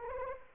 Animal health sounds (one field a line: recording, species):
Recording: mosquito wingbeat signal from an infrared sensor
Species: Anopheles arabiensis